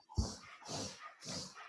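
Three rapid, harsh, snorting breaths from a dog come about every half second, each a noisy rush of air with a low throaty rumble. This labored, rhythmic noisy breathing fits an asthma-like breathing attack.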